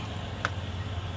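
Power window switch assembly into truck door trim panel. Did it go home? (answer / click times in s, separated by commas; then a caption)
yes / 0.4 s. A new power window switch assembly is pushed into a truck door trim panel until its plastic retaining tabs click on both sides. A single sharp click lands at 0.4 seconds over a steady low hum. The switch is seated.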